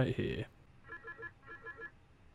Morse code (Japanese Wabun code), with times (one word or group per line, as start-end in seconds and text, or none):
none